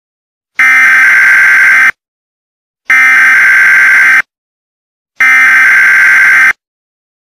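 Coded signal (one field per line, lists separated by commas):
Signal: Emergency Alert System (SAME) tones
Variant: header bursts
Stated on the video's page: Fictional EAS scenario, a remake of another creator's scenario.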